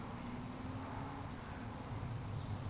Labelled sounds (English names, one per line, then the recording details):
Eurasian Woodcock whistle
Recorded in Baden-Württemberg, Germany, on 13 June 2020 at 19:46 UTC
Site 14569, 102 m above sea level